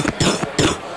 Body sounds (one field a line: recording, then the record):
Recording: coughing mixed with background sound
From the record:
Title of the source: Wet coughing